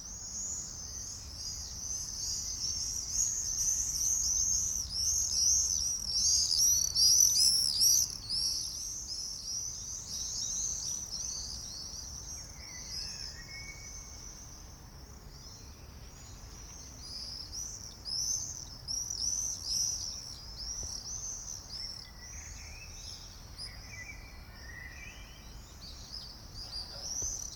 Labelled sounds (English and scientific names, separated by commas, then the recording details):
Common Swift (Apus apus) flight call
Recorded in the wild
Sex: group
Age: adult
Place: Mörchinger Straße, Berlin, DE
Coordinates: 52.4381, 13.2733
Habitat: urban area
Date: 1996-07-20 21:20
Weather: no sun anymore, clear, 18-19°C
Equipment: Sony MD-WM MZ-R3, Sennheiser MKH 416 T, Kopie Uher 4000 Report Monitor
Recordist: Tembrock, Günter